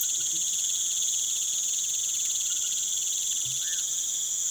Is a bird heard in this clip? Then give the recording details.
no. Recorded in pastures near Puerto Asís, Putumayo, Colombia, on 27 June 2025 at 19:00. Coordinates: 0.486, -76.323. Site H29